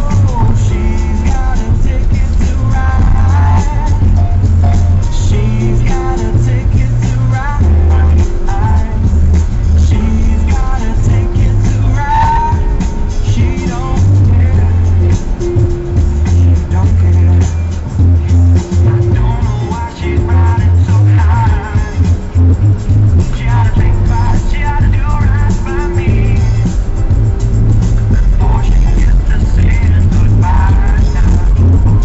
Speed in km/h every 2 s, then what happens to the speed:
15, 14, 13, 9, 12, 13, 10, 8, 0, 0, 0, 11, 14, 17, 18, 19.
0-10 steady at about 13. 10-16 slows to 0. 16-20 standing. 20-32 pulls away to 19.